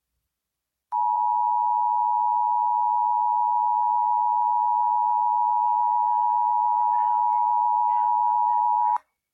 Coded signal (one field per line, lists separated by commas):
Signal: Emergency Alert System (SAME) tones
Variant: 853 and 960 Hz attention tone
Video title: 4 Pennsylvania EAS Required Monthly Tests (11/15/18) (EAS #6-9)